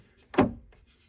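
A reverse osmosis filter cartridge is pushed fully into its housing on a NU Aqua Efficiency Series Tankless 800GPD reverse osmosis system. A sharp click-like hit at 0.3 s, with a brief decaying tail and a faint softer tap near 0.7 s, marks the cartridge locking into place. The cartridge is seated and locked.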